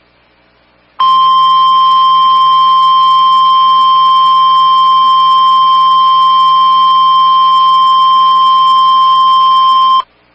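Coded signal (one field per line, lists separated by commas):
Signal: Emergency Alert System (SAME) tones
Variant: 1050 Hz attention tone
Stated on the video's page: Captures of several EAS alerts recorded over a break period.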